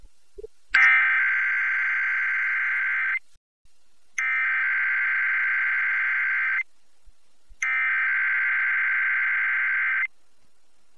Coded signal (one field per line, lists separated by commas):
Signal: Emergency Alert System (SAME) tones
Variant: header bursts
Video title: January 2022 DC-Metro Required Monthly Test Day - EAS 84-88